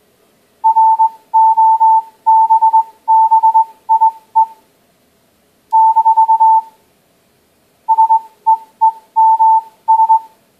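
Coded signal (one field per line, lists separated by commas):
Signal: Morse code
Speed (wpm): 20 wpm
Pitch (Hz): 890 Hz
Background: none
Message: ROBBIE - SEEMS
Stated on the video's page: Morse generated by an Android teaching application based on a PC Morse teaching program, test recording.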